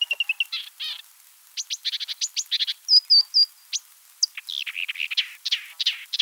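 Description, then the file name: Marsh Warbler in lively varied song: quick stuttered notes, a few pure high whistles, scratchy chatter and sliding chirps mixed together at a rapid pace. Recorded on 7 July 1984 in a marsh in France. "Rousserolle verderolle 1000 25 marais-Frane"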